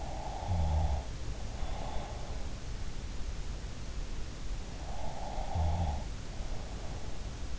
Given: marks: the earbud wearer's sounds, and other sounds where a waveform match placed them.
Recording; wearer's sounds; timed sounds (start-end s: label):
sounds in sleep by an in-ear microphone; breath
0.00-2.48 s: breath
4.73-7.45 s: breath